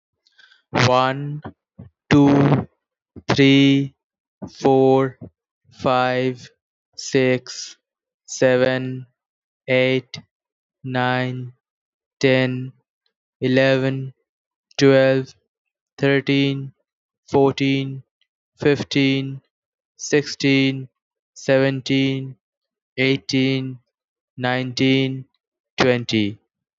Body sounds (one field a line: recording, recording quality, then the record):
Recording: counting at a normal pace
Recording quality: excellent, no background noise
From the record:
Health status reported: healthy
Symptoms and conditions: none ticked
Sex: male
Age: 27 years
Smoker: yes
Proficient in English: yes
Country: India